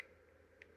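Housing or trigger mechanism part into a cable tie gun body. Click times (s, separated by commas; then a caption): 0.6 s. During reassembly of a Panduit GS-2B cable tie gun, a housing or trigger-mechanism part is wiggled into the gun body against a steady low hum. A single short, sharp snap at 0.6 s marks the part snapping home, seated so it sits tight all the way around.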